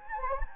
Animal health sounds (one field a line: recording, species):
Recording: mosquito wingbeat signal from an infrared sensor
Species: Anopheles gambiae